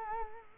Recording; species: mosquito wingbeat signal from an infrared sensor; Culex quinquefasciatus